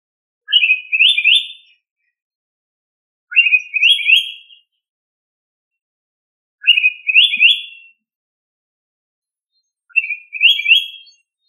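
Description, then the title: Bird song: four bright, high phrases, each a short lead note then a quick warbled trill, repeated about every three seconds with silence between. "LuckyPassaros CompletosSama"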